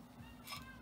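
While rewiring a 1930s vanity lamp, the metal socket shell with its cardboard insulator is handled against the socket cap, with a low steady hum and a brief soft swell of broadband handling noise around 0.5 s. Nothing has seated or snapped into place yet.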